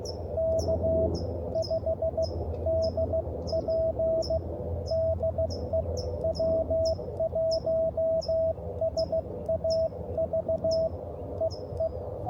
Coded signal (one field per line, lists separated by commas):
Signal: Morse code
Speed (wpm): 16 wpm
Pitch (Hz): 650 Hz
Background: radio noise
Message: K5DP DE W1SAV EE